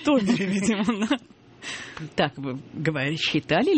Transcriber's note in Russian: Смеётся